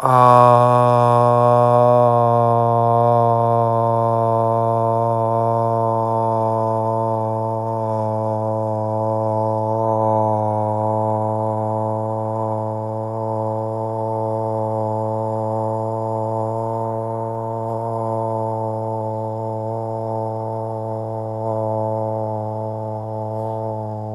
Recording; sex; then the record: sustained vowel /a/; male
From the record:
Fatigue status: no fatigue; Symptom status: symptomatic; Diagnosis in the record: COVID-19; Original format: m4a